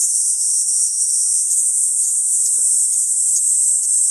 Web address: ニイニイゼミ. arpla 自然音研究室